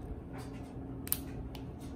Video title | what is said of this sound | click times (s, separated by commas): Mitsubishi Evo X MR SST DCT470/6DCT470 Transmission Rebuild - Part 13 Torque Damper / MPS6 / Clutch | hear snaps in there | 1.1 s